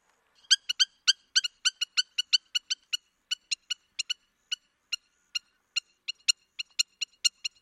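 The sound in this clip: Bird calls: a series of sharp, clicky chip notes, spaced unevenly, with no other sounds heard.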